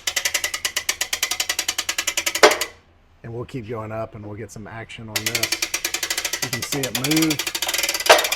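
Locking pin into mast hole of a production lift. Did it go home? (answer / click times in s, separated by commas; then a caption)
yes / 8.1 s. A Kuzar crank-up production lift is raised by hand, producing a steady run of rapid ratcheting clicks, a pause while someone talks, then more cranking. At 8.1 s its spring-loaded steel locking pin snaps into the next available hole in the mast, seating the pin.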